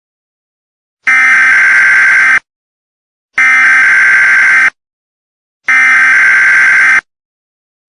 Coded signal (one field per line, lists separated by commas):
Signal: Emergency Alert System (SAME) tones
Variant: header bursts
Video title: my attempt of making a tornado EAS mock